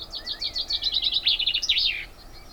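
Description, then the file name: Common chaffinch song, a rapid cascade of high notes building to a loud terminal flourish. "Fringilla coelebs"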